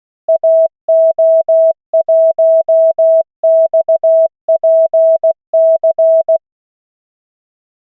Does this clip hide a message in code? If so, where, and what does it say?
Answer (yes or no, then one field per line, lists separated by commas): yes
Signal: Morse code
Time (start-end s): 0.3-6.4 s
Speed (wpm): 16 wpm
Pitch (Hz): 650 Hz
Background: none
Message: AO1XPC